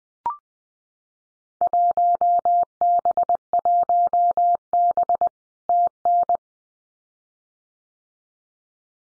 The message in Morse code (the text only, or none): 1B1B TN